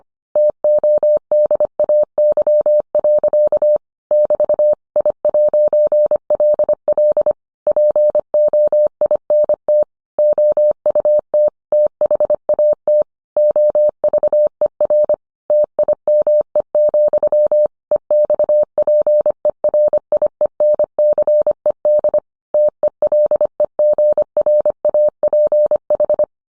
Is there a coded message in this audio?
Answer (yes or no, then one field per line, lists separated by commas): yes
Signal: Morse code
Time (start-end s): 0.4-26.2 s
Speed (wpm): 25 wpm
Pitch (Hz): 600 Hz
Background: none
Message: TODAY. <BT> I'LL POINT OUT THAT OVER TIME, EXPERIENCED TELEGRAPH